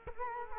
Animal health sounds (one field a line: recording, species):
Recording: mosquito wingbeat signal from an infrared sensor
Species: Culex quinquefasciatus